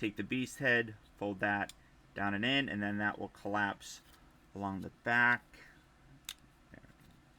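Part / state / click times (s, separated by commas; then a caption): plastic beast head part folding into the back of an action figure / partly seated / 6.3 s. Someone talks while folding the plastic beast head of a Transformers Legacy United Voyager Class Silverbolt action figure down and in along its back. A sharp click is heard at 6.3 s, but the head is not yet all the way in, so it is only partly seated.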